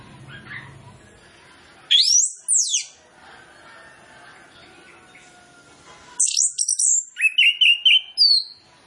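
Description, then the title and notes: Orange-headed Thrush song: a short pair of sweeping high notes, a long quiet gap, then a quick series of chattering and whistled phrases. Training lure recording of song with full mimicry fill-in phrases, played to prompt Orange-headed Thrushes to sing quickly and freely. "Masteran Anis Kembang Full Isian Untuk Suara Pancingan Anis Kembang Agar Cepat Ngeplong. Suara Burung Anis Kembang"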